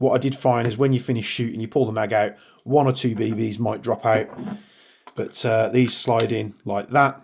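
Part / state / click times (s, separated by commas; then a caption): magazine into airsoft pistol grip / not seated / none. Someone talks while handling a magazine with little extended followers for a GATE PTX HPA airsoft pistol, sliding it toward the pistol grip. Only speech is heard. The magazine has not seated or clicked yet.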